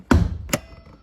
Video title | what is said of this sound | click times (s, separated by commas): Mazda 3 How to Open Bonnet and Check Vital Fluids - Engine Oil, Coolant Radiator Fluid, Brake Fluid | and straight away we can hear the Bonnet click so the Bonnet in this semi-open position you can see there's another secondary latch | 0.1 s